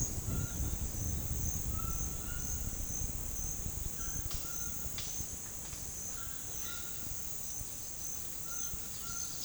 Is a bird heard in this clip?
yes